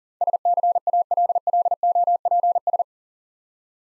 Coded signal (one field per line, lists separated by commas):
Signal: Morse code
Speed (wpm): 40 wpm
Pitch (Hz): 700 Hz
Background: none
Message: SCALLOPS